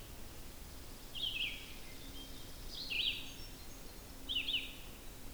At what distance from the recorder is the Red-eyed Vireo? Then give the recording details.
about 35 m. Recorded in boreal forest in Alberta, Canada, on 16 June 2016 at 06:56. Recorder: SongMeter 3, array SBT-3-32. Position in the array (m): 36 m, 8 m